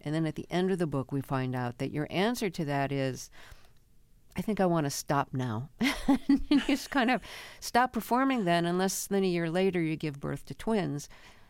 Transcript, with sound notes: and then at the end of the book, we find out that your answer to that is I think I want to stop now (laughter) and you just kind of stop performing then. And less than a year later, you give birth to twins,